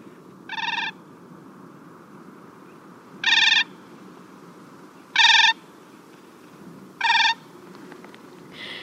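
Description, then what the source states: Siberian crane flight calls: four clear, musical, hooting notes spaced a couple of seconds apart, with a fifth starting at the end, over a steady low background rumble. Three Siberian cranes flying toward the recordists on the Siberian tundra, approaching from about 2 km to 500 m and then passing overhead.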